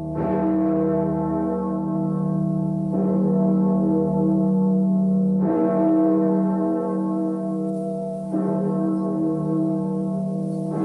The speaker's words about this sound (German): Die Glocke läutet den ersten Programmtag des Senders Freies Berlin ein.